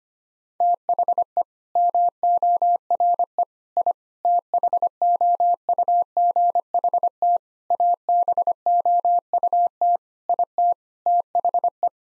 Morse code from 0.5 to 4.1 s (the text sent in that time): THE MORE I